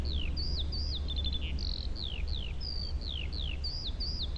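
Eurasian skylark singing high, clipped downward-slurred whistles and a quick stuttered trill, delivered in a lively stream over a constant low hum.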